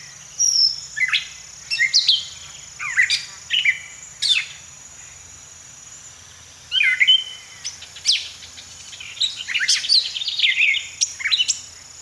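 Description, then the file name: Gray catbird song of mixed squeaks, chirps and scratchy notes delivered in uneven clusters, including a longer pause midway, against a faint steady high hum. "Gray Catbird - Dumetella carolinensis"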